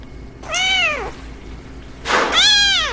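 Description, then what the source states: Cat giving two clear meows, each a rising then falling whine about half a second long, the second preceded by a short breathy sound. Cute meow.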